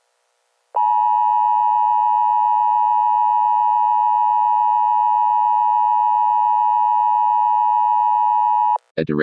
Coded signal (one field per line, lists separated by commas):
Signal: Emergency Alert System (SAME) tones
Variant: 853 and 960 Hz attention tone